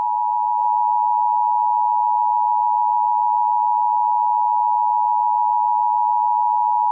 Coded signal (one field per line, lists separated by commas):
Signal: Emergency Alert System (SAME) tones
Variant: 853 and 960 Hz attention tone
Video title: (EAS Scenario #2) Nuclear Mayhem